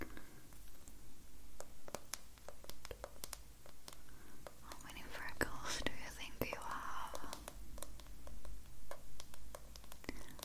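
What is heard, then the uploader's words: Quiet tapping and scratching of a stylus drawing on a tablet, with sharp clicks scattered every fraction of a second throughout. From about five to eight seconds a soft, breathy whisper rises over the tapping, with a low hum underneath. ASMR Drawing You on an iPad.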